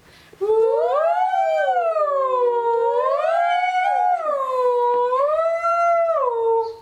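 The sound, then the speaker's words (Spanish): A voice imitates an arriving ambulance siren, a loud, continuous wail that rises and falls in slow, smooth sweeps for several seconds with no talking. “Llegó la ambulancia.”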